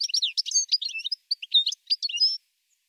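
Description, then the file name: European goldfinch song phrase: quick, bright twittering notes tumbling in a rapid, uneven sequence, then stopping. "chardonneret"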